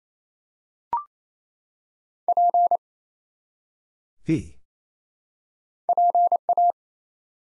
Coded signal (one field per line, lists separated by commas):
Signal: Morse code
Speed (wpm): 27 wpm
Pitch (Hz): 700 Hz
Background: none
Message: P PA